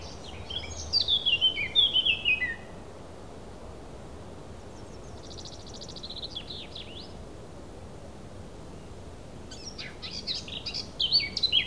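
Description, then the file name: Thrush song in bursts: a short run of whistled slurred notes, a long quiet pause with a faint buzzy trill, then a second rapid scratchy-whistled phrase near the end. A single thrush. "Birds single thrush"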